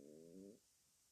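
A single low, humming growl lasts about half a second, shifting slightly in pitch midway before fading into a quiet room. It is a loud stomach rumble (borborygmi) from an adult, the ordinary gurgle of gas and fluid moving through the gut.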